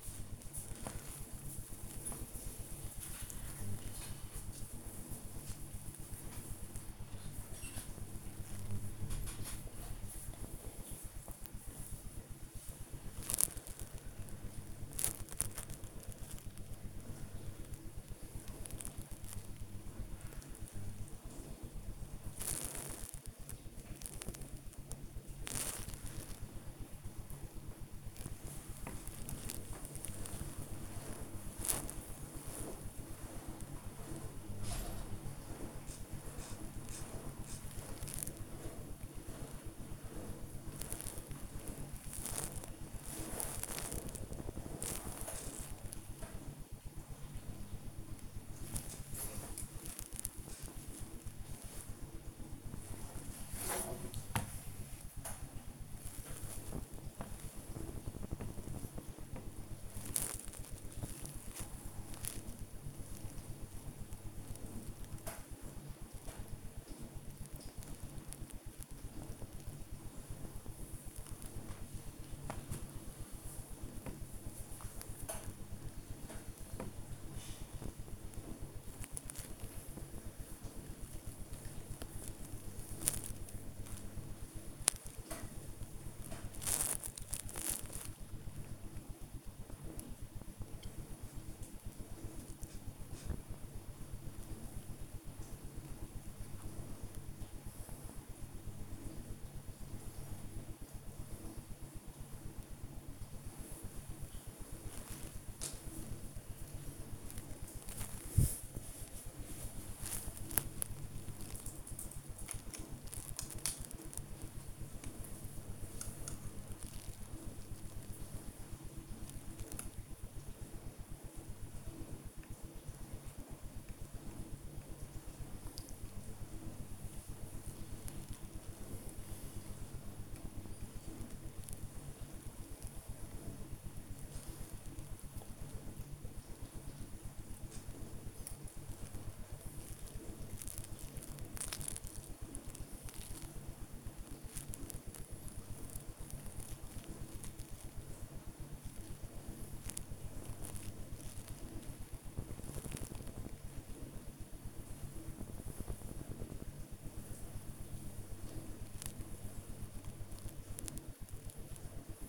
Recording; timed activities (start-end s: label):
household activities, microphone on the right wrist
0.00-110.38 s: working on the computer
112.38-162.29 s: working on the computer